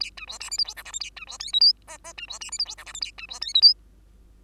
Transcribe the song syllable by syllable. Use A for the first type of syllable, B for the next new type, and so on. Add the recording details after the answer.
A B C D E F G H I J A B C K L M N N B C D E F G H I J A B C K L M. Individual Bird2